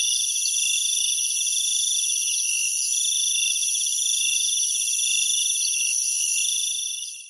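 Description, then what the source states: Insects trilling together at night, several shrill overlapping pulsed tones held steadily before the sound fades out at the end. Jungle insects at night in Thailand.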